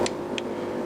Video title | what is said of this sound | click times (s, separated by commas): How to Replace Your Air Filter and Spark Plugs - Checking, Cleaning and Changing | right you heard that click so that's that set | 0.4 s